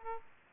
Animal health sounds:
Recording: mosquito wingbeat signal from an infrared sensor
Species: Aedes aegypti

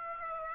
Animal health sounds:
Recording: mosquito wingbeat signal from an infrared sensor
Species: Aedes aegypti

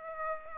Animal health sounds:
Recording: mosquito wingbeat signal from an infrared sensor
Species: Aedes aegypti

